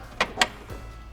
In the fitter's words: once you hear the click that's how you know that the locks are engaged